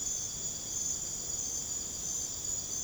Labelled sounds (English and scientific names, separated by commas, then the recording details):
none
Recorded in secondary vegetation near Puerto Asís, Putumayo, Colombia, on 26 December 2024 at 01:30
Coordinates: 0.489, -76.322
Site G059